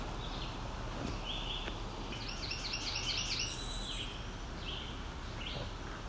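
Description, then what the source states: Blackburnian Warbler song: thin high notes, then a fast, buzzy run of notes, followed by a few more thin high notes, over steady background noise. Alternate song; bird singing from the treetops in the northern part of southern Ontario; first taken for a possible cerulean warbler, identified later by comparing the recording at home.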